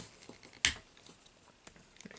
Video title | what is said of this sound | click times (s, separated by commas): Transformers Titans Return Grotusque & Fengul with Diecast Scorponok Review | hear that click don't always want to tab in for me there | 0.6 s